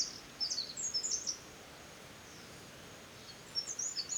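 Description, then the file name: Eurasian wren uttering very high, thin chirping bursts, one group early and another near the end, separated by a quiet gap over faint hiss. "Troglodytes troglodytes"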